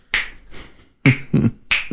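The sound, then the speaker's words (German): Three loud, sharp finger snaps at uneven intervals, each a bright crack that trails off in a brief ringing decay, with no voices present. “Ich finde es nice, wenn man im Zimmer ist und dann so brutal laut schnippen kann.”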